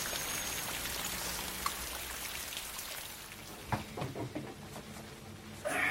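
Steady rain hisses across a broad band, with scattered drops pattering on a surface and a few louder splashes and knocks near the end.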